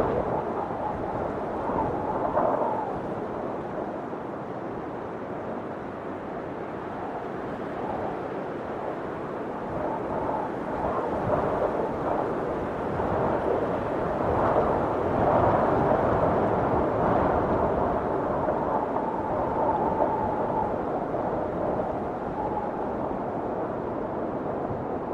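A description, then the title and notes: Storm wind roars steadily for the whole stretch, a dense, rushing low-to-middle rumble with no pauses. Gusts swell around a third of the way in and again past the middle, with a faint whistling tone riding on top at times. Sleep Soundly with Windstorm Ambience Soothing Sounds for Deep Rest.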